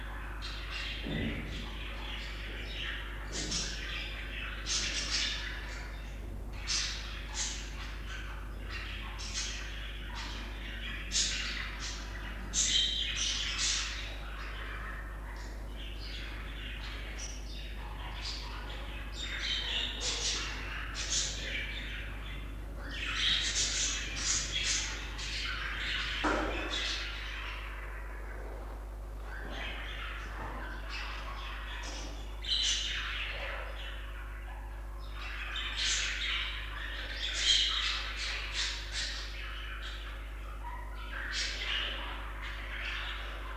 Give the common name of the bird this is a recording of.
Budgerigar